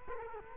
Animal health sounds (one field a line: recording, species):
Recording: mosquito wingbeat signal from an infrared sensor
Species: Culex quinquefasciatus